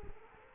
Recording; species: mosquito wingbeat signal from an infrared sensor; Culex quinquefasciatus